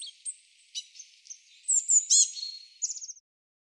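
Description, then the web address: Eurasian blue tit calls: a string of very high thin notes and a buzzy chatter, ending with a quick trilled run, against silence. "cianscape birddata Deverinetal 2025 File cleaned normalized Bird Cy Ca"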